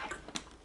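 The flip-up composite and plastic chin bar of a modular motorcycle helmet (a Shoei Neotec or a Schuberth C3 Pro) is swung down and closed into the helmet shell, whose latch is built to keep it from opening at high speed. A faint tick at 0.3 s is followed by a sharp, bright click at 0.4 s as the chin bar latches shut. The chin bar is seated and closed.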